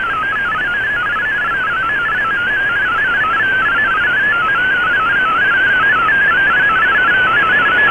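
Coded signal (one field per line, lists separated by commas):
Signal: multi-tone FSK (Olivia or MFSK type)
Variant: MFSK32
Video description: Here is my decode of the Shortwave Radiogram broadcast today on 11580Khz shortwave radio at 2300UTC in MFSK32 and with 5 SSTV images.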